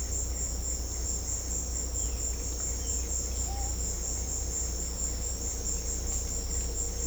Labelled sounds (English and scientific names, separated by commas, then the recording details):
none
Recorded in secondary vegetation near Puerto Asís, Putumayo, Colombia, on 16 December 2024 at 15:30
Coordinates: 0.500, -76.326
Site G065